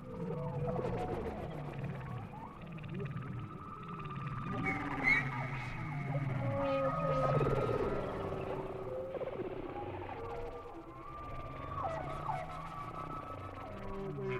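Whale song: layered moans, upsweeps and brief squeaks over a constant low rumble, with calls overlapping throughout.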